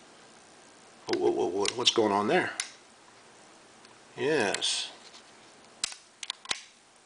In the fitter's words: and it locks into place and now you have a small six and a half inch hand saw like